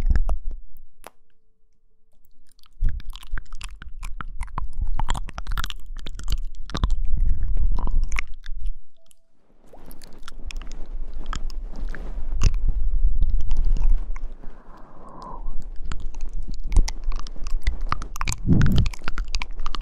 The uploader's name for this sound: Mouth Sounds